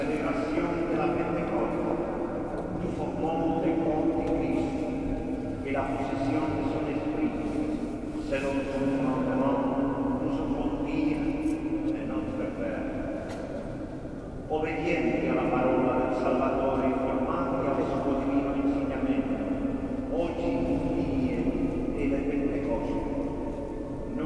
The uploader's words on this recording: Basilica Santa Maria Del Mar, Barcelona, Spain. I walked in on a service (unknown) at the Basilica Santa Maria Del Mar.